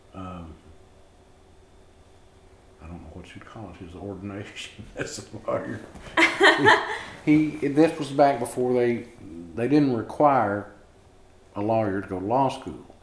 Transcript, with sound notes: I don’t know what you call it, his ordination as a lawyer. [laughing] He, this was back before they, they didn’t require a lawyer to go to law school.